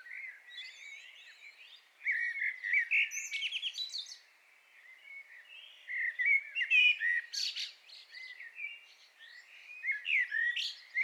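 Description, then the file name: Common blackbird song, fluted warbles and high squeaky twitters in phrases separated by brief lulls. "Turdus merula"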